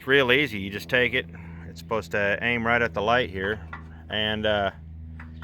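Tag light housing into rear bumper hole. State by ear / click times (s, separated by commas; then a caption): not seated / none. A tag light housing on a 1978 F-250 is pushed into its hole in the rear bumper while someone talks over a low steady hum. Two light knocks are heard near the end, at about 5.2 and 5.4 seconds, but the housing does not pop in, and nothing has seated or clicked yet.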